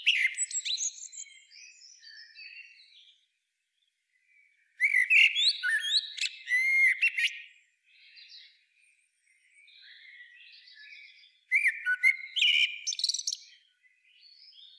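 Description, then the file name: Common blackbird singing repeated rich warbling phrases with high squeaky endings, separated by stretches of quieter high twittering. "Turdus merula"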